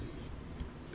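A small steel differential ball, picked up on a greased fingertip or Allen driver, is being pressed by finger toward its hole in an R/C car's plastic diff gear. Over a steady low rumble, a single short tick is heard at 0.6 s. Nothing has seated or clicked into place yet.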